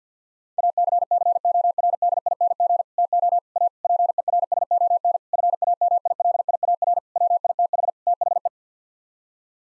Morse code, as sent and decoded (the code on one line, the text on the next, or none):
.- -.-. -.-. --- .-. -.. .. -. --. / - --- / .- / .--. . .-. ... --- -. / ..-. .- -- .. .-.. .. .- .-. / .-- .. - .... / - .... .
ACCORDING TO A PERSON FAMILIAR WITH THE